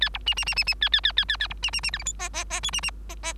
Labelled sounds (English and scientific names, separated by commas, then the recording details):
Bengalese Finch (Lonchura striata domestica) song
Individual Bird3